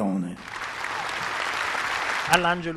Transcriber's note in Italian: applausi + canti